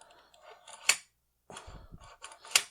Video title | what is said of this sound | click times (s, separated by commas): Reseña del NEEWER 71.6" Camera Monopod Carbon Fiber Telescopic Monopod with Quick Release Plate for | it's attached, it's engaged. | 2.6 s